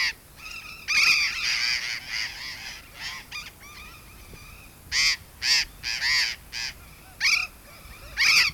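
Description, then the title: Burrowing parrot calls, loud grating screeches given in irregular bursts with quieter chatter between them. Bahía Blanca. "Museo de Ciencias de Bahía Blanca. Loro Barranquero"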